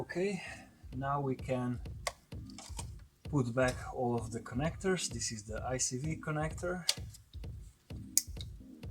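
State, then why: Seated. A plastic idle control valve electrical connector on a BMW N42/N46 is pushed back onto the valve on the intake manifold during manifold reinstallation, while someone talks. Scattered light ticks and taps follow, and a sharp, loud click at 8.2 s marks the connector seating in place.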